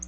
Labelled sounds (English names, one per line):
Black-throated Blue Warbler flight call